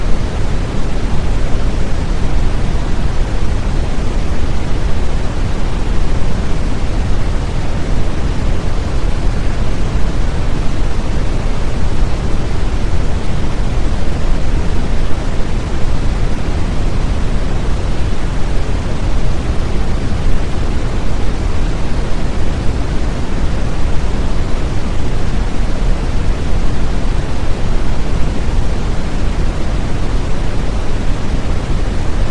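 Red noise runs steadily for the full half minute, a dense, unbroken hiss with no events or pauses. The sound is weighted heavily toward the low end, a deep rumbling rush that grows softer and thinner toward the top, and the loudness never changes.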